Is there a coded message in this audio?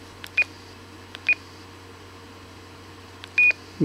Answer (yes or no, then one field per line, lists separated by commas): no